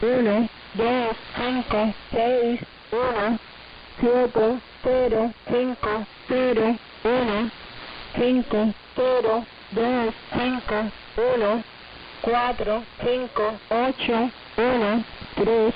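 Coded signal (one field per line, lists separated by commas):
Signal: numbers station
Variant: HM01, Spanish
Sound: female voice reading single Spanish digits at an even pace, over twenty numbers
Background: radio static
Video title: 23 01 2023 Numbers HM01 Cuban Spy in Spanish 1700 on 11530 Bejucal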